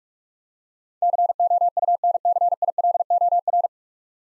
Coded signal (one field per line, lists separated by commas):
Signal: Morse code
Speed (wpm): 46 wpm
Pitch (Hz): 700 Hz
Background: none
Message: COUNCILOR